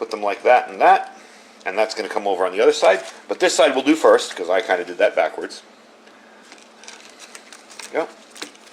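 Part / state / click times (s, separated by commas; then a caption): side panel of a folding camp bowl clipping into the adjacent panel / seated / 8.4 s. Someone talks while folding the side panel of a folding plastic camp bowl over and pressing it against the adjacent panel. After the talking stops, faint handling clicks and taps follow, and a sharp snap at 8.4 s marks the side panel clipping into place, seated.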